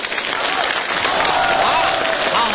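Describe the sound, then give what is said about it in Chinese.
An audience at a xiangsheng (Chinese crosstalk comedy) stage performance applauds steadily, with dense clapping holding at an even, fairly loud level for the whole stretch and faint voices underneath. “好、 啊、您鼓鼓掌让他来来、 啊、谢谢大家。”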